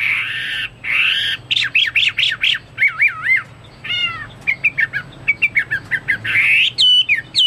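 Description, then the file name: Chinese hwamei song: a few longer notes, then rapid repeated whistles and varied slurred notes in quick succession. "omkicau hwamei"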